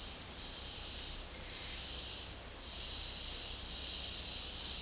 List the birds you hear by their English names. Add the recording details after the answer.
none. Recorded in dense forest near Puerto Asís, Putumayo, Colombia, on 21 February 2024 at 11:00. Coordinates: 0.485, -76.318. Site G6408